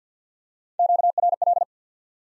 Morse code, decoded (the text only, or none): QRL